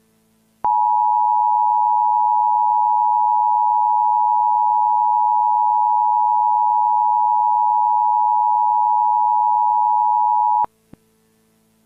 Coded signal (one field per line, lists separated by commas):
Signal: Emergency Alert System (SAME) tones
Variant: 853 and 960 Hz attention tone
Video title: EAS simulacion - EASyPLUS en 2025